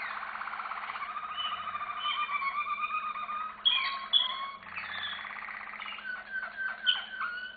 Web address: canary canary-sound